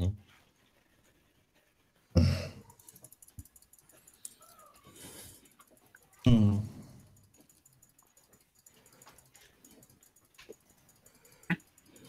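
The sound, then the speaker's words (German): Hard, sharp clicks of a computer mouse tap out irregularly, with a couple of louder thumps standing out among the quieter clicks and faint scraping in between. “Mal, wer klickert denn da so hart rum?”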